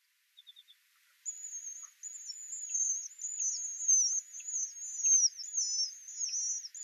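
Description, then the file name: Alpine accentor song: a few soft high ticks, then a long, rapid, wavering high-pitched warble running to the end. Recorded at Norikura on 24 August 2021. "iwahibarin norikura kuroda"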